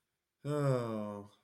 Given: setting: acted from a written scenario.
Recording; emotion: vocal sound without words; sympathy